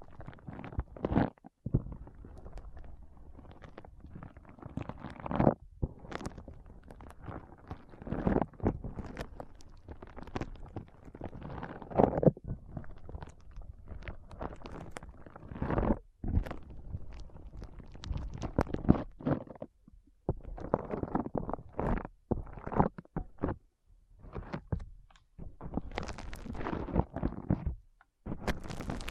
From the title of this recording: ASMR Powerful Foam Brain Massage